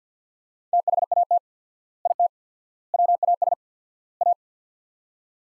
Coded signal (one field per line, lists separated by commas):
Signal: Morse code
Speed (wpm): 50 wpm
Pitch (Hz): 700 Hz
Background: none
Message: THAT IT WAS A